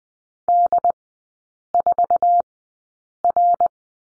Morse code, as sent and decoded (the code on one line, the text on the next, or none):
-.. ....- .-.
D4R